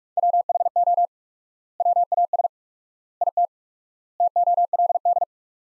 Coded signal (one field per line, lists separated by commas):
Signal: Morse code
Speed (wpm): 46 wpm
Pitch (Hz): 700 Hz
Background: none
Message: WHO WAS IT TOLD